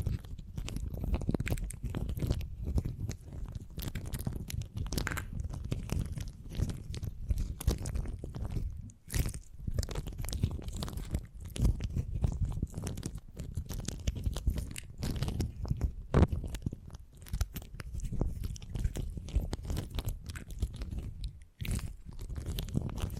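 Beeswax is squeezed and worked, giving dense, continuous crackling and crunching sounds that stay mostly low and thick. Brief pauses near 9 and 21 seconds break the texture, and a few sharper snaps stand out, one around 16 seconds.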